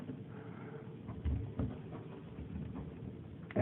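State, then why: Seated. A replacement part, likely a seat or spring with its bottom rubber, is fitted into a Price Pfister shower valve body after the valve has been cleaned with steel wool to fix a leaking shower. Low handling rustle and a brief thump at 1.6 s lead to a sharp pop at 3.5 s as the part seats firmly into place.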